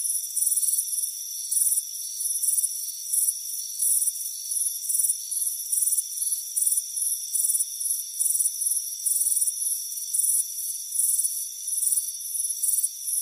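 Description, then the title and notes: Crickets chirp steadily, high pulsed bursts following one another about once or twice a second, backed by a continuous high insect chorus. Crickets chirping on a front porch on a warm afternoon. "Soothing Crickets Chirping Sound. It's a warm afternoon as you relax in a hammock on the front porch. Relax and fall asleep to the soothing sound of chirping crickets. Deep Sleep Sounds"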